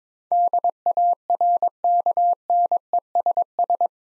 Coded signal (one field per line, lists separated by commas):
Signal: Morse code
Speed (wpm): 22 wpm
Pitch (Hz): 700 Hz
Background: none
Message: DARKNESS